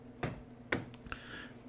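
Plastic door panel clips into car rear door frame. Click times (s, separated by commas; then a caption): 0.7 s, 1.1 s. A hand slaps the rear door trim panel of a 2001–2010 VW Polo so its plastic retaining clips snap into the metal door shell. After a dull thump near 0.2 s, sharp clicks land at 0.7 s and 1.1 s, with fainter ticks in between. The clips seat and the panel sits firm and tidy.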